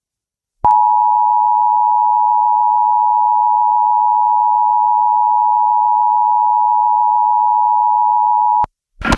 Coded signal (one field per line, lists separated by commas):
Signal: Emergency Alert System (SAME) tones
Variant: 853 and 960 Hz attention tone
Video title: Yauco, Puerto Rico EAS (Flash Flood Warning) 5/1/25